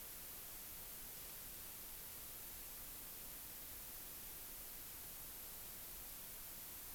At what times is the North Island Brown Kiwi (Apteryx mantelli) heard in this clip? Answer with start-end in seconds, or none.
none